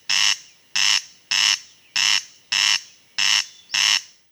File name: Golosa ptic - Korostel